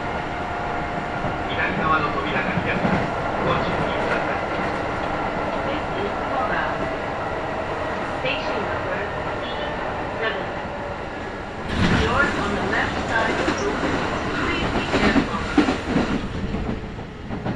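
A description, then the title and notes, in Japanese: A local train on the Kintetsu Nagoya Line runs with a steady rumble and a faint motor whine for the first half, with soft voices in the background. Around twelve seconds the noise abruptly turns louder and brighter, with clattering rattles continuing to the end. 近鉄名古屋線 普通 近鉄名古屋→蟹江。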